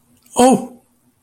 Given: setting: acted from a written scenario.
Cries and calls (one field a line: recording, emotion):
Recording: vocal sound without words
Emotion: embarrassment